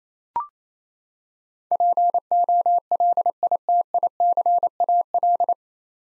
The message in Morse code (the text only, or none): POLITICAL